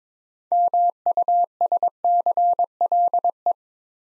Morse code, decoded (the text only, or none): MUSCLE